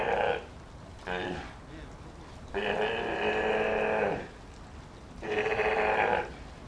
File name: nz sea lion